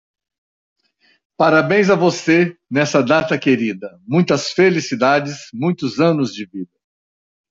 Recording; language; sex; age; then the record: short text; Brazilian Portuguese; male; 50 to 59 years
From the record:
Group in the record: control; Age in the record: 59 years